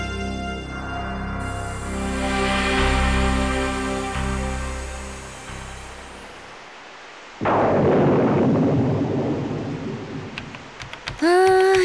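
A sustained, steady musical passage fades out, then a loud rush of heavy rain with rumbling thunder bursts in and continues for several seconds.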